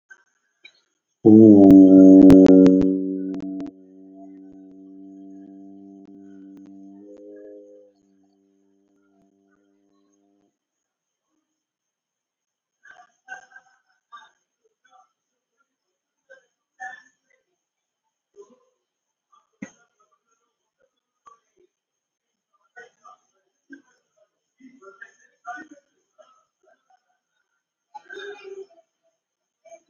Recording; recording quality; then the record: sustained vowel as in boot; poor, much background noise or distortion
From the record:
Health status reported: COVID-19 positive, no symptoms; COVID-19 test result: positive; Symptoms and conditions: hypertension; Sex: male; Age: 42 years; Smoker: not ticked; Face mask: not worn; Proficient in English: yes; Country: India